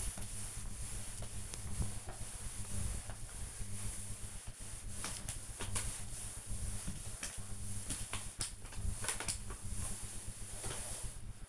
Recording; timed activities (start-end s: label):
household activities, microphone on the right wrist
0.00-11.49 s: floor cleaning